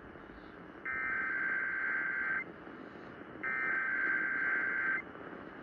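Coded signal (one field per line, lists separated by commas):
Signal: Emergency Alert System (SAME) tones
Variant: header bursts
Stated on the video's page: Required weekly test on AM broadcast station at 1020 AM.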